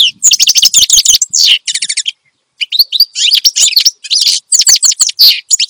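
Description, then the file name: Finch song: rapid bursts of high, buzzy chirps and trills, with a short pause near two seconds before the twittering resumes. Energetic finch song intended for training other songbirds (masteran). "Suara Kicauan Burung Finch Gacor Dor Cocok Untuk Masteran"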